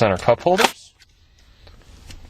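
Someone talks briefly, then a fold-down rear armrest with cupholders in the rear seat of a 2011 Lincoln MKX 3.7 FWD is moved into position, with quiet handling and faint taps near 1.7 and 2.1 seconds. The armrest locks into place and is released by a small latch on the seat, but it has not locked or seated yet by the end of the clip.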